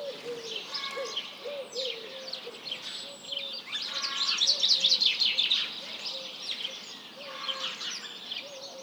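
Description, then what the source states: House Sparrow flock chirping in a dense, overlapping chatter that swells in the middle, with soft pigeon coos beneath. Large flock calling in the morning, mixed with pigeons; 1 March 2007, 07:30.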